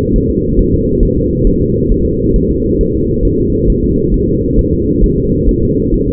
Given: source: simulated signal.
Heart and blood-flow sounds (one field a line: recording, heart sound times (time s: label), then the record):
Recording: fetal heart sounds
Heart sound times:
0.16 s: S1
0.30 s: S2
0.59 s: S1
0.74 s: S2
1.03 s: S1
1.17 s: S2
1.47 s: S1
1.62 s: S2
1.92 s: S1
2.06 s: S2
2.36 s: S1
2.51 s: S2
2.81 s: S1
2.95 s: S2
3.25 s: S1
3.40 s: S2
3.70 s: S1
3.84 s: S2
4.14 s: S1
4.28 s: S2
4.59 s: S1
4.73 s: S2
5.04 s: S1
5.18 s: S2
5.49 s: S1
5.63 s: S2
5.94 s: S1
6.09 s: S2
From the record:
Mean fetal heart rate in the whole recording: 135 bpm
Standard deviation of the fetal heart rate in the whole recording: 3 bpm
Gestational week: 36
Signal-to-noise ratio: -10.2 dB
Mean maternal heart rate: 72 bpm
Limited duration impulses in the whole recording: present